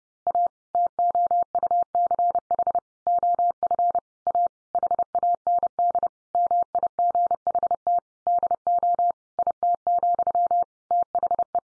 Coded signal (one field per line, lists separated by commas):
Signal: Morse code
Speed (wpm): 28 wpm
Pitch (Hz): 700 Hz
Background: none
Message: A TOUCH OF A HAND MIGHT DO IT, THE